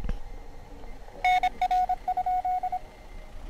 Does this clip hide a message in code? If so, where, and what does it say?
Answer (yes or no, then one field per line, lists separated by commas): yes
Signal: Morse code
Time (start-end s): 1.2-2.8 s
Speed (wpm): 26 wpm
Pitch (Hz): 730 Hz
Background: none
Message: NR?